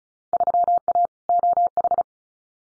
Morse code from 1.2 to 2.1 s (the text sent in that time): OH